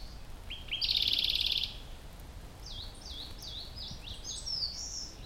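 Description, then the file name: Rufous-tailed robin: a brief rising note leads into a fast buzzy trill, then a series of quick high slurred notes repeated several times amid steady background hiss. "robin-rufous-tailed -Larvivora-sibilans"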